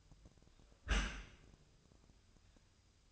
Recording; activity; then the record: daily activity, microphone in the room; close dishwasher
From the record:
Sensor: 2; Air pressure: 1004.6 hPa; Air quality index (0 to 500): 106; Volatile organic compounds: 2 ppm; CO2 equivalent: 1283 ppm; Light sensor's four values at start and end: 6/15/6/6 and 6/15/6/6